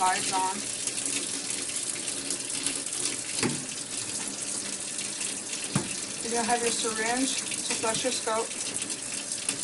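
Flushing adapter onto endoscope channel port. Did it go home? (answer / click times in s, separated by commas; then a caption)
yes / 9.5 s. Over steady running water and someone talking, a plastic flushing adapter is pushed onto a channel port of an endoscope during endoscope reprocessing. It snaps into place with a sharp click at 9.5 s, and the adapter is seated.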